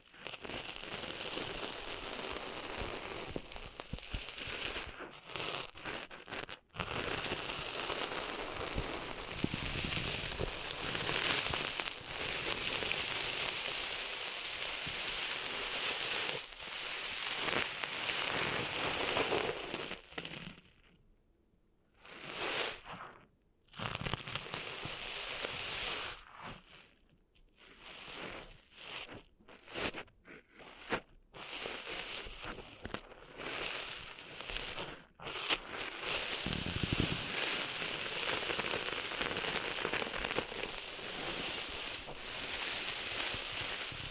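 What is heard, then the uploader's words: Sand being cleaned out of an ear makes a dense, bright crackling and scratchy rustle that runs steadily for most of the clip. Around twenty seconds it drops almost to silence, then returns in short, broken bursts until about thirty-five seconds before resuming fully. ASMR Cleaning Sand Out of Your Ears (No Talking).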